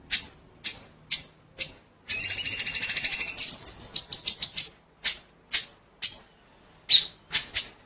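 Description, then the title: White-rumped shama song: sharp high whistled notes at roughly half-second gaps, then a rapid rolling trill and quick chirps before the single notes resume. Masteran (training) track of murai batu song, full 'ngerol nembak' style: rolling trills and sharp, shooting notes. "Masteran Murai Batu Full Ngerol Nembak"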